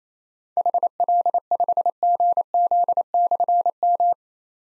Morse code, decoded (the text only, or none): HL5GZ/M